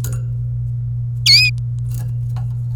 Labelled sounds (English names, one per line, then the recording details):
Domestic Canary song
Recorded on 26 April 2018 at 17:04
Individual llb3